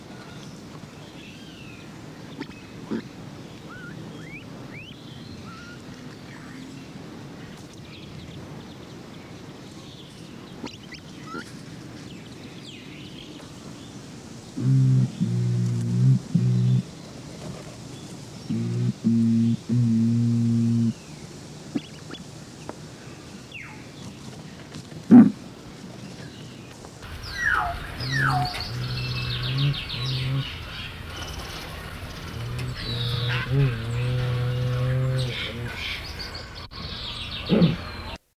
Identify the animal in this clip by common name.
Horned Curassow